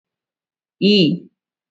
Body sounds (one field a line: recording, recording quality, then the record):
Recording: sustained vowel as in beet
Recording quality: excellent, no background noise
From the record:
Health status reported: healthy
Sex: female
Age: 42 years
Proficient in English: no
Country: India